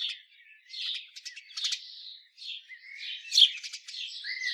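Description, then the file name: House sparrow giving scratchy chirps and short buzzy rattles, a brief pause, then more chirping with one sharp louder note. "Passer domesticus"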